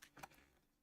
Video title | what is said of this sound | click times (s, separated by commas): Sony Vaio SVF152C29M Laptop with a Turning off Issue - Uncensored Repairs Live Stream | that it slides into place and clicks into place like that | 0.2 s